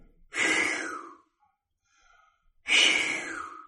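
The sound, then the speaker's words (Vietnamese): Heavy breathing in a room, heard by a woman in bed playing a game on an iPad: two loud, drawn-out breaths with a harsh, airy rasp, separated by a short quiet pause. No one speaks. “Chị nghĩ trong đầu, chồng mình nay mệt quá, ngủ gì mà thở dữ vậy ta.”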